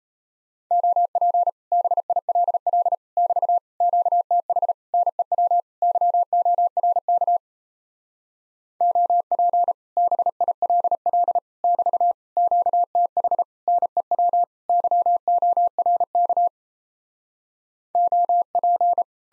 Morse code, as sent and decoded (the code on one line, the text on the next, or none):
--- .--. / -... .. .-.. .-.. / -...- / --.- - .... / -. . .-- / -.-- --- .-. -.- / --- .--. / -... .. .-.. .-.. / -...- / --.- - .... / -. . .-- / -.-- --- .-. -.- / --- .--.
OP BILL <BT> QTH NEW YORK OP BILL <BT> QTH NEW YORK OP